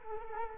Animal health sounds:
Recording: mosquito wingbeat signal from an infrared sensor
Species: Culex quinquefasciatus

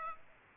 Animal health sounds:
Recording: mosquito wingbeat signal from an infrared sensor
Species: Aedes aegypti

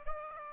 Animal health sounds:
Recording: mosquito wingbeat signal from an infrared sensor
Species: Aedes aegypti

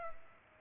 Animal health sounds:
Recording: mosquito wingbeat signal from an infrared sensor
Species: Culex pipiens

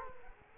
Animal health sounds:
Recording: mosquito wingbeat signal from an infrared sensor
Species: Culex quinquefasciatus

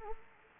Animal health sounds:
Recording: mosquito wingbeat signal from an infrared sensor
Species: Anopheles gambiae

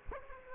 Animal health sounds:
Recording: mosquito wingbeat signal from an infrared sensor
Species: Aedes aegypti

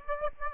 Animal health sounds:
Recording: mosquito wingbeat signal from an infrared sensor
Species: Aedes aegypti

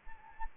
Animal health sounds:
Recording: mosquito wingbeat signal from an infrared sensor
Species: Anopheles arabiensis

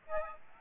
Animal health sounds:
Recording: mosquito wingbeat signal from an infrared sensor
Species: Aedes aegypti

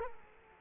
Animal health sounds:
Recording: mosquito wingbeat signal from an infrared sensor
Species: Culex quinquefasciatus

